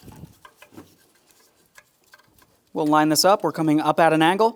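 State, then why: Not seated. A plastic electrical connector with its locking tab facing up is lined up at an angle with the horn terminal on a 2007-2014 GMC Sierra 2500 HD truck, with faint handling ticks and taps in the first few seconds. Someone then talks from about 2.7 s. The connector is only being lined up before it is pressed home, and nothing has seated or clicked yet.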